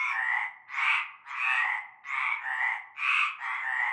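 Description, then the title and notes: Frog chorus of harsh, buzzy croaks, several callers overlapping in long rasping bursts with brief gaps between them. Frog chorus at nightfall in a large concrete basin holding stagnant greenish water; La Ciotat, Bouches-du-Rhône, Provence, France. "Avenue Cante Coucou, Groupède, La Ciotat, Marseille, Bouches-du-Rhône, Provence-Alpes-Côte d'Azur, France métropolitaine, 13600, France - cœur de grenouilles. Une grande vasque en béton, un fond d'eau verdâtre croupissant. et un cœur de grenouilles dès la nuit tombée"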